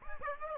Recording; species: mosquito wingbeat signal from an infrared sensor; Aedes aegypti